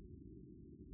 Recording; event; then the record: neck accelerometer signal played as sound; no cough (speech, laughter, throat clearing or background)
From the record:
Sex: male